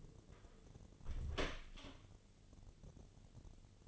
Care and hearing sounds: daily activity, microphone in the room; close door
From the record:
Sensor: 4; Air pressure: 1016.0 hPa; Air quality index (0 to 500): 202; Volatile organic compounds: 11 ppm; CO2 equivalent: 2299 ppm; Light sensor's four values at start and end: 9/20/8/7 and 9/20/8/7

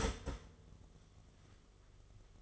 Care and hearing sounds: daily activity, microphone in the room; start toaster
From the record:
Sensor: 4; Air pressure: 1015.5 hPa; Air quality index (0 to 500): 204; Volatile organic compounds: 11 ppm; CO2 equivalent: 2282 ppm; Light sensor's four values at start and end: 4/8/3/2 and 4/9/3/3

